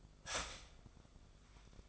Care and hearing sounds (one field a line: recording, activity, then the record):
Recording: daily activity, microphone in the room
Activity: start toaster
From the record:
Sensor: 5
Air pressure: 1004.3 hPa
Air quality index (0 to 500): 166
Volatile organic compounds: 4 ppm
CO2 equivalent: 1558 ppm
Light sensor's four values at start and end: 33/108/40/41 and 33/108/40/41